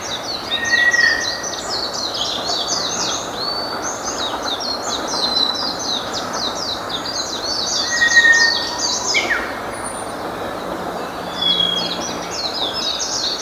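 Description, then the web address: White's thrush song, two eerie level whistles roughly seven seconds apart, each brief and thin, beneath a continuous busy dawn chorus of higher-pitched songbirds. Recorded 9 April 2013 at 05:33 in the early morning; named by its Japanese name toratugumi. "birdenaga toratugumi 20130409 0533"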